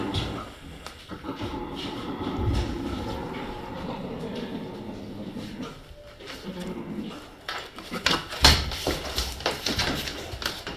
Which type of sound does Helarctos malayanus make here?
defence call